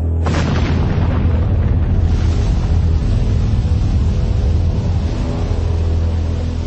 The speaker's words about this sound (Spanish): El mariner fue seguido por el radar hasta las 19:50, en que desapareció de la pantalla. En este lugar, un barco avistó una explosión en el aire.